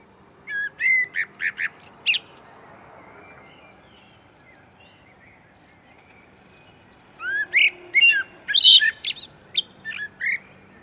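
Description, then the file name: Common blackbird singing two phrases of quick whistled and high twittering notes, separated by a pause of about five seconds. "Turdus merula"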